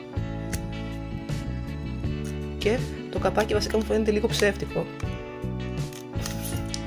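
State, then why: Not seated. A battery is being put into the battery compartment of a Canon IXUS 185 compact camera, whose plastic lid seems flimsy, while someone talks over background music. A few small plastic clicks come near the end as the battery and lid are handled, but the battery has not seated or latched yet because it has not gone in properly.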